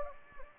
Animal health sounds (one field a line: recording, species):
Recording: mosquito wingbeat signal from an infrared sensor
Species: Anopheles gambiae